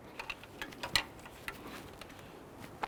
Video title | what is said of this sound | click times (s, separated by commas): How to Replace Drive Belt Kit 2012-2017 Toyota Camry | that little harness popped into place and | 1.0 s